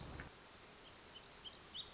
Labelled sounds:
Black-throated Gray Warbler
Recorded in Sonoma County, California

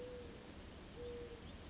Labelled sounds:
Mourning Dove
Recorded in Sonoma County, California

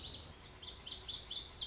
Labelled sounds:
Lazuli Bunting
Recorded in Sonoma County, California

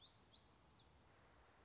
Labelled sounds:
Black-throated Gray Warbler
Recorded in Sonoma County, California

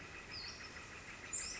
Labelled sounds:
Western Flycatcher
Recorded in Sonoma County, California

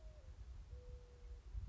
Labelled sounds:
Mourning Dove
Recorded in Sonoma County, California

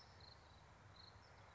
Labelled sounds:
California Towhee
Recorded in Sonoma County, California

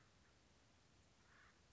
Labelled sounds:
Acorn Woodpecker
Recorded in Sonoma County, California

